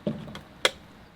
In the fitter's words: heard it click it's not rocket science